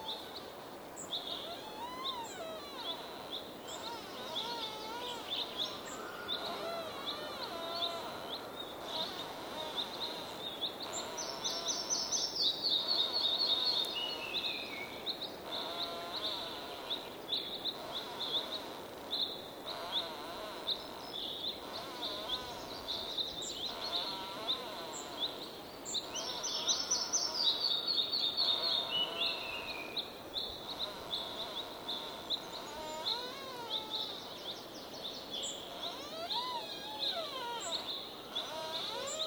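Seasonal outdoor ambience with birds calling over a steady hiss of background noise and a constant high insect-like whine. Two brighter descending bird phrases stand out around 12 and 27 seconds, with scattered chirps and softer calls throughout.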